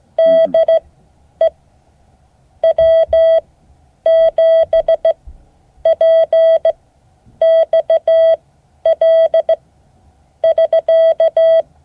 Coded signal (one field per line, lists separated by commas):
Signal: Morse code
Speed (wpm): 15 wpm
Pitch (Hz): 650 Hz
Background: none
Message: DE W7PXL <SK>